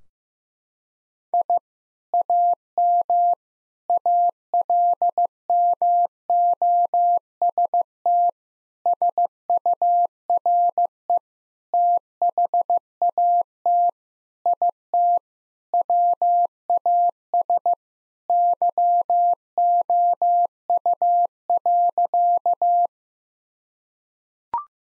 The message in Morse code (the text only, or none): I AM ALMOST SURE THAT IT WAS YOU.